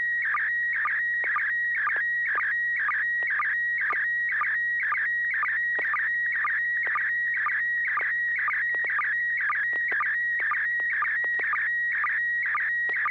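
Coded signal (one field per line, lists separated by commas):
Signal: SSTV (slow-scan television)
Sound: steady high warbling tone with rhythmic chirps and clicks about twice a second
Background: low hum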